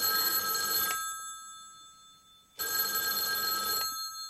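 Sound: telephone ringing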